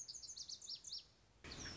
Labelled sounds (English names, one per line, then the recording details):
Lazuli Bunting
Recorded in Sonoma County, California